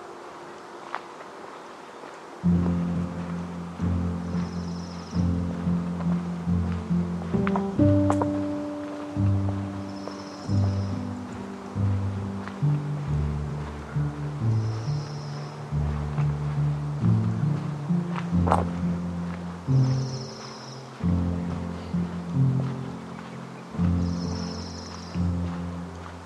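Upper Macleay in Forest Park, Portland, Oregon: after a quiet first two seconds, a low hum sets in and shifts pitch in steps throughout. Short high chirps repeat about every five seconds, and a sharp tick stands out near eighteen seconds.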